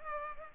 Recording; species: mosquito wingbeat signal from an infrared sensor; Culex pipiens